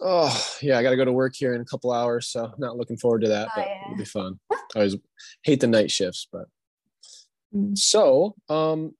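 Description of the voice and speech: Relaxed adult conversational speech, fluent and clearly voiced, with short natural pauses; ordinary speech.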